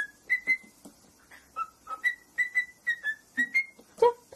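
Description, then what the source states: Cockatiel whistled song: a run of clear, rising and level whistled notes, mostly paired, repeated about twice a second, ending with a louder lower chirp. Several cockatiels whistling, singing.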